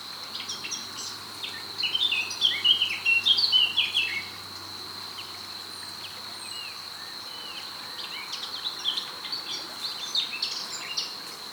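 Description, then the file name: Eurasian blackcap singing a rich, jumbled warble in the first seconds, then scattered softer notes, all over a steady high-pitched drone. "Sylvia atricapilla"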